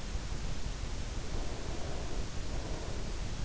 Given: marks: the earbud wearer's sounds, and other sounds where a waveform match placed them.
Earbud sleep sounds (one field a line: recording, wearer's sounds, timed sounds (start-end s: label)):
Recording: sounds in sleep by an in-ear microphone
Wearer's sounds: breath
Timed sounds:
1.17-3.38 s: breath